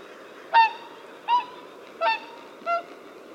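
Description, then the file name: Whooper swan calls: four loud, trumpeting honks with rich harmonics, each slightly upslurred, spaced under a second apart over a soft steady background rush. Recorded at Gollwitz on 26 December 2014 at 09:29. "wswan. gollwitz"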